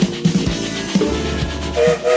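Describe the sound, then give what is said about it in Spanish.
A train starts moving with low rumbling and clanking, then its whistle sounds in two short, steady tonal blasts at the end, with no voices. “Buenas noches, como todos los días el tren se pone en movimiento, escucharon el silbato, ya estamos en marcha.”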